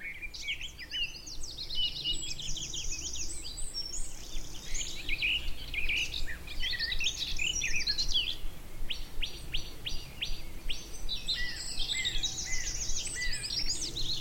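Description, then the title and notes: Garden warbler song, a fast, rich warble of scratchy and fluty notes running almost continuously over a low background hum. Male, singing fluted song in spring on a scrubby hillside with hawthorns in bloom; migrant species; song described as rather frenetic. "the little-known song of the garden warbler. by Fergus Collins"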